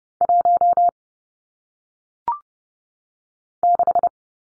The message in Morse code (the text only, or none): 1 6